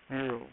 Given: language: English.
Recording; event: throat vibration sensor signal played as sound; speech